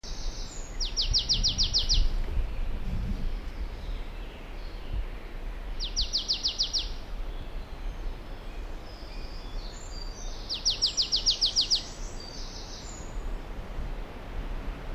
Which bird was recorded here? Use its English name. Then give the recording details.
Marsh Tit. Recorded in the wild. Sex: male. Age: adult. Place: Krakow am See, Mecklenburg-Vorpommern, DE. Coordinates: 53.6533, 12.2983. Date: 2004-05-15. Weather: overcast, 10°C, moderate to strong winds. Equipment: Tascam DA-P1, Sennheiser MKH 70, Windkorb. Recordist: Frommolt, Karl-Heinz. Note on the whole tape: Nähe Großer Schwerin, Pappelbestand: Gesang. Tier gesehen. Entfernung weniger als 10 m